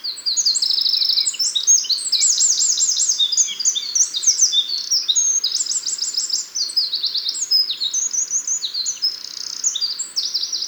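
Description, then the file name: Eurasian wren song: a loud, rapid cascade of high trills and sharp notes, rattling on without pause for about ten seconds. "Troglodytes troglodytes"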